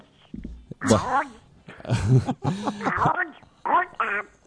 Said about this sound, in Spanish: Mira, gatito Coco lo tenemos acá, lo estamos agarrando. Coco, está como loco